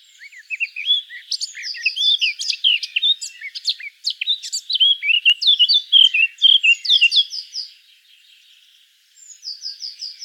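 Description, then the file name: Eurasian blackcap singing a long, rich warble of tumbling chirps, trills and fluted notes, pausing briefly before another quiet phrase begins. "Sylvia atricapilla"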